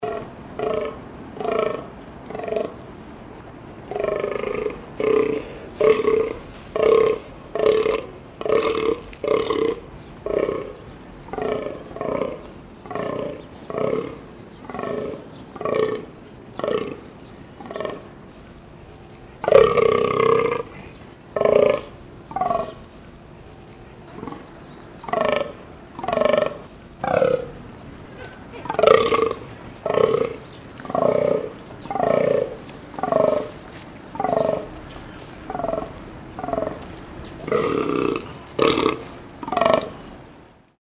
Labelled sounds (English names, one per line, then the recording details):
Fallow Deer
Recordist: Tembrock, Günter
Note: Brünftiger Hirsch: Röhren Dazwischen rhythmische Laute von Kühen, sobald er sie beschnuppert